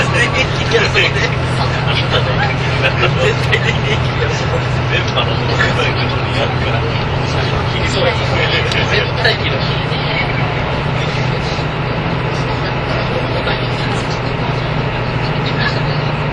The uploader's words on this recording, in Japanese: キハ85系 ひだ01号01 名古屋～(飛騨金山)。2007年当時最速のスジとなる”ひだ01号”を収録したものです。走行音(音の旅) 1021,キハ85系 ひだ01号。名古屋～富山。